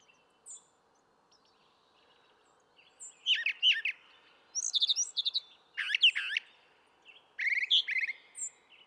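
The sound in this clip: Brown thrasher song starting with faint scattered notes, then loud bursts of chattering, buzzy and slurred phrases, several repeated in pairs.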